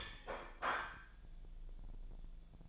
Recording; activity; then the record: daily activity, microphone in the room; place plate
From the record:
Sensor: 5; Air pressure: 1009.5 hPa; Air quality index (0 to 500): 168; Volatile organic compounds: 4 ppm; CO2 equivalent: 1633 ppm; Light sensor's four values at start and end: 99/263/107/114 and 99/263/107/114